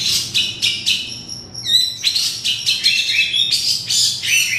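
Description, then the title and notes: Oriental magpie-robin song: rapid scratchy chirps broken by a few clear, high, pure whistles, then more fast chattering notes. "Kicau Kacer. manukmanukan"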